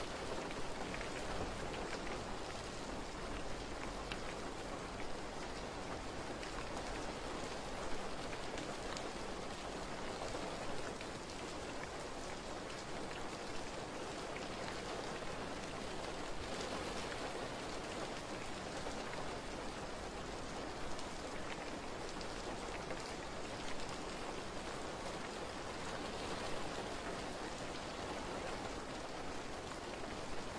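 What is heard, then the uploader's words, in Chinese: Summer rain falls in a ground-floor garden, a dense, steady hiss spread from low to bright with countless fine drop patters. The level barely changes across the half minute, with only small flickers of heavier drops here and there. 夏天 一楼花园里听雨 泥土的芳香。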